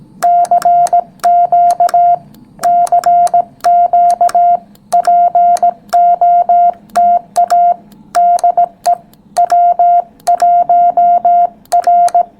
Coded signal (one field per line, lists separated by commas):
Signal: Morse code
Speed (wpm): 18 wpm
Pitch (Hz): 700 Hz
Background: none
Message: CQ CQ POTA DE W1R